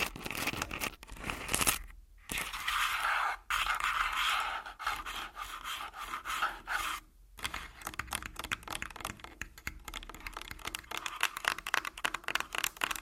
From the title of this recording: Tascam Full Body Tapping & Scratching